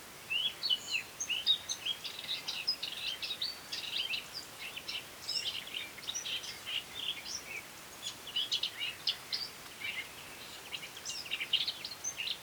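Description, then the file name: Eurasian blackcap singing a dense, scratchy, rapid warble of high chattering notes, nearly continuous throughout with a few brief pauses. "Sylvia atricapilla"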